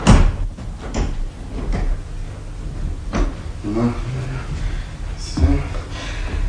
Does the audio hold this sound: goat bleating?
no